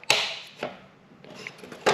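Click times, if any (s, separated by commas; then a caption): 0.1 s. The top edge of a 3D-printed plastic gauge pod is pressed into the dashboard vent opening of a 1978–88 G-body and snaps in with a sharp click at 0.1 s. Softer knocks follow near 0.6 s and 1.9 s. The pod top is seated in the vent.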